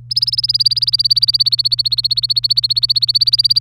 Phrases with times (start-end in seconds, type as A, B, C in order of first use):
0.11-3.60 A